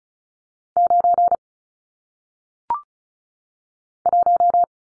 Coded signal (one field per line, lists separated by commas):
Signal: Morse code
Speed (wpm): 34 wpm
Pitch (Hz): 700 Hz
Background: none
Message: 9 1